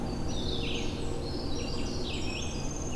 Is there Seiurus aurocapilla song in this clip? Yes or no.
no